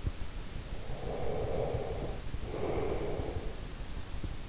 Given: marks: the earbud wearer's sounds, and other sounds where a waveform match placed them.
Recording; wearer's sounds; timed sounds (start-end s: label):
sounds in sleep by an in-ear microphone; breath
0.74-3.57 s: breath